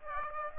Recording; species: mosquito wingbeat signal from an infrared sensor; Aedes aegypti